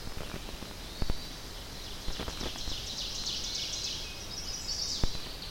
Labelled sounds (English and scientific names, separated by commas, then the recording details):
Ovenbird (Seiurus aurocapilla) song
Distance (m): 80 m
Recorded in boreal forest in Alberta, Canada, on 10 June 2016 at 07:50
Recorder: SongMeter 3, array SBT-3-39
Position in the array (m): 325 m, 145 m
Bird 19